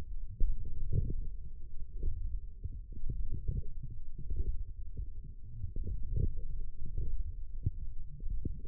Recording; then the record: forearm muscle sounds (acoustic myography)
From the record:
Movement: forearm supination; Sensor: system 1, eight BSWA MPA416 microphones around the upper forearm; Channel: 2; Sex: male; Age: 20 years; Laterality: left